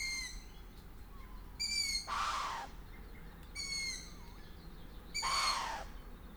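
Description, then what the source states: Long-eared owl sounds: high squeaky notes, every second one followed closely by a harsh breathy hiss, the pattern heard twice. Food delivery, with various calls of the male, the female and the juveniles.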